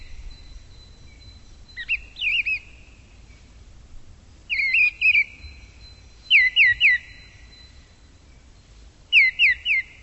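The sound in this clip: Bird calling in four clusters of two to four sharp, whistled chirps separated by short pauses, with a faint steady high tone and soft low background noise.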